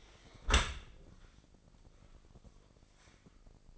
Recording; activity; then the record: daily activity, microphone in the room; close dishwasher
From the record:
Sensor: 5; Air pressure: 1012.4 hPa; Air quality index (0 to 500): 162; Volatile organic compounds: 2 ppm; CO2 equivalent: 1101 ppm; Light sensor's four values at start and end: 105/251/106/116 and 103/248/104/114